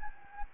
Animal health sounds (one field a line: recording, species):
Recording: mosquito wingbeat signal from an infrared sensor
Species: Anopheles gambiae